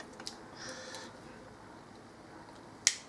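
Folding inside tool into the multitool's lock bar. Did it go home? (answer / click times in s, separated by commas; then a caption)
yes / 2.9 s. A Leatherman Rebar steel multitool has an inside tool opened until the spring-loaded lock bar snaps it into place. Faint handling sounds and a small tick near 0.3 s come first, then a loud sharp click at 2.9 s as the tool locks open.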